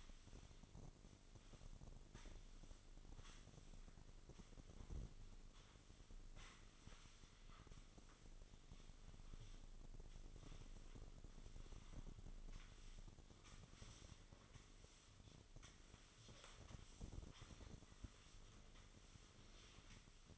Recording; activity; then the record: daily activity, microphone in the room; sweep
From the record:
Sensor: 4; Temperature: 27.1 degrees Celsius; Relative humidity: 35.2%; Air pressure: 1003.9 hPa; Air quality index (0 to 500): 149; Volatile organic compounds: 2 ppm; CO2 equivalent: 1064 ppm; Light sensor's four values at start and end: 16/38/16/17 and 16/38/16/17